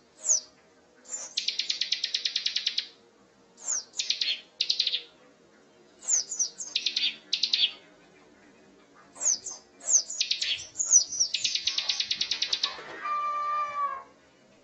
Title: Burung Ciblek Gunung Masteran Gacor Kicau Mania